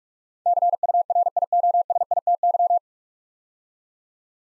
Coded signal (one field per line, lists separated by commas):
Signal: Morse code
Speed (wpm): 44 wpm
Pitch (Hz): 700 Hz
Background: none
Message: CURIOSITY